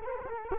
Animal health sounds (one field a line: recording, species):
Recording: mosquito wingbeat signal from an infrared sensor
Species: Culex quinquefasciatus